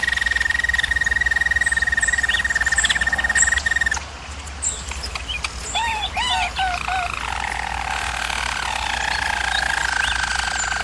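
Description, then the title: German Roller canary: an even rolling trill for four seconds, then a pause of soft notes, curved bubbling calls and a renewed soft continuous roll, with low hum beneath. German Roller canary singing, for canary training. "German Roller Canary Singing - Canary Training Vid"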